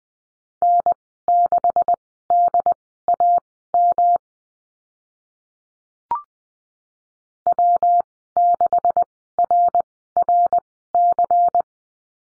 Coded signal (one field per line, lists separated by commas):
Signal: Morse code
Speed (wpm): 20 wpm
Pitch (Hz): 700 Hz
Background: none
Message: N6DAM W6RRC